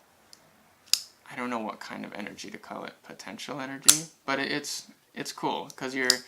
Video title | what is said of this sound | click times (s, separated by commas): 12 COOL KNIVES ON AMAZON UNDER 30 DOLLARS | then it's got like another another level here for some reason which i think is so that when you push down the thing clicks back into place | 0.9 s